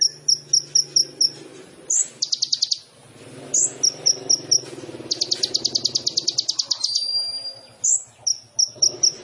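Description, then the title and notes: Sunbird song mixing quick high chips with fast buzzy trills, then a brief descending whistle. Indonesian masteran songbird training recording of a gacor (actively singing) kolibri ninja, full of isian (fill notes) and tembakan (bursts), intended as a lure (pancingan). "MASTERAN KOLIBRI NINJA TERBAIK FULL ISIAN DAN TEMBAKAN MEWAH COCOK BUAT PANCINGAN. Suara Burung Kolibri Ninja Gacor"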